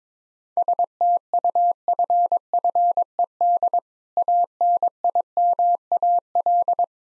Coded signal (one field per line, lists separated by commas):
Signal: Morse code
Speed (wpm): 22 wpm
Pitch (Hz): 700 Hz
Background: none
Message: STUFFED ANIMAL